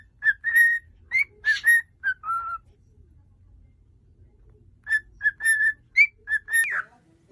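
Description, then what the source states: Cockatiel whistled song in two bursts of short clear whistles separated by a pause of about two seconds, with one falling note. Cockatiels singing and whistling.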